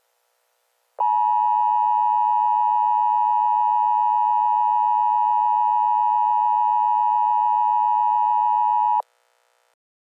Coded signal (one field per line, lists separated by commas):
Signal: Emergency Alert System (SAME) tones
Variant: 853 and 960 Hz attention tone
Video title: TORNADO EAS SCENARIO - TORNADIC NIGHTMARE